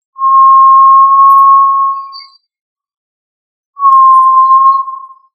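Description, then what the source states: Tinamou whistles: two long, pure, steady whistled notes, the first about two seconds and the second about one and a half, separated by a silence of over a second. Family Tinamidae; also labelled quail and, in Indonesian, puyuh.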